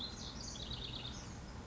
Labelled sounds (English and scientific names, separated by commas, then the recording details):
House Wren (Troglodytes aedon)
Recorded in Sonoma County, California